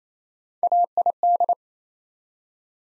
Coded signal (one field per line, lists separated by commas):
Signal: Morse code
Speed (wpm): 29 wpm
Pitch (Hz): 700 Hz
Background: none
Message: AID